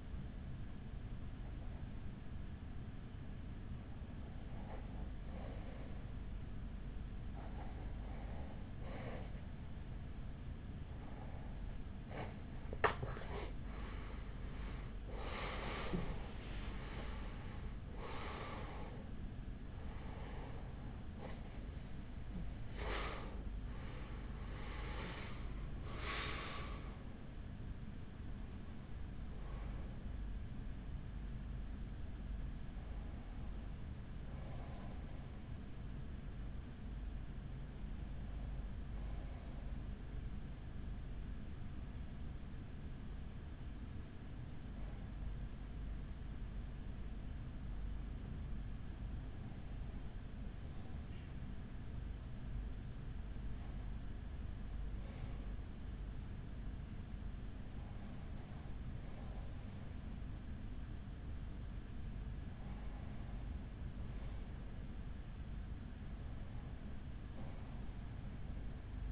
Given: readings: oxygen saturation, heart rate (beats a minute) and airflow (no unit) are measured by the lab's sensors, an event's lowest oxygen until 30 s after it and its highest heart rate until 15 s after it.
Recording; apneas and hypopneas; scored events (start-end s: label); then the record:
breathing in sleep by a smartphone at the bedside; 2
5.00-20.10 s: hypopnea (REM, oxygen 95% highest, then 92% lowest, heart rate 45 at the start, 63 highest)
33.00-69.12 s: new sleep stage, N1 (lightest sleep)
42.00-58.20 s: hypopnea (N1, oxygen 96% highest, then 93% lowest, heart rate 48 at the start, 54 highest)
From the record:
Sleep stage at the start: REM sleep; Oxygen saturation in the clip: 92 to 96%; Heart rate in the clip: 43 to 63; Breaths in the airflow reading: 16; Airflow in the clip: -10.6 to 9.7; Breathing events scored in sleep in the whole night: 207 in 7.6 hours asleep